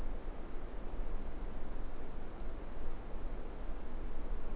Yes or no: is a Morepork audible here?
no